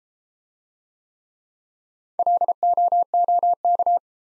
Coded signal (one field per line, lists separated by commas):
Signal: Morse code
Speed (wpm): 32 wpm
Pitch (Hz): 700 Hz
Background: none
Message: LOOK